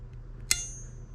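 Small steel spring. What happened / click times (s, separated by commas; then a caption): Small steel spring snapped into its notch / 0.5 s. A hole punch slides the steel extra-power magazine release spring along the bar inside a Ruger LCP II 22LR pistol frame until it drops into its notch. Over a low steady hum, a sharp metallic ping sounds at 0.5 s, its bright high ringing fading over the next half second. The spring is seated in the notch, and hearing the ping confirms it is correctly in place.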